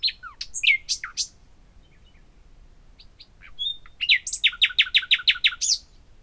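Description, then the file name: Common nightingale singing: sharp varied notes and down-slurred whistles, a short pause, then a rapid series of repeated loud notes. "Luscinia megarhynchos"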